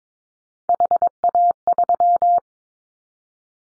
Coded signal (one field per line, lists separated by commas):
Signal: Morse code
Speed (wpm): 22 wpm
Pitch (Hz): 700 Hz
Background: none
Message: HA3